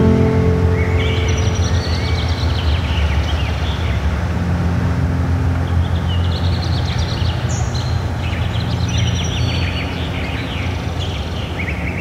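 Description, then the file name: Bird chirps and brief twittering phrases come in loose bursts, one rising whistle near the start, all set against a constant low noisy rumble. Forest setting. "Zzz ASMR - Birds and Forest Pt 1"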